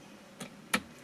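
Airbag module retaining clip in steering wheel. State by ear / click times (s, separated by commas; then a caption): released / 0.7 s. A prying tool pulls in a white plastic lever in the steering wheel of an Audi S3, during paddle shifter removal, releasing the spring clip that holds the airbag module. A faint tick at 0.4 s comes before a sharp, bright click at 0.7 s, followed by another soft tick at 1.0 s. The airbag module retaining clip is released.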